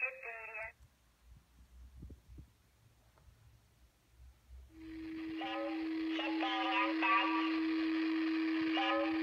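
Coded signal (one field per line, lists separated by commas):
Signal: numbers station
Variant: S06s, Russian female voice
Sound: short tone burst, quiet static, then low hum with evenly spaced spoken words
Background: radio static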